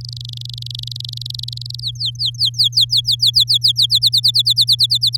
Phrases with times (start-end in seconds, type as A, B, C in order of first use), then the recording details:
0.01-1.80 A, 1.82-3.72 B, 3.76-5.17 C. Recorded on 9 May 2018 at 09:24. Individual llb16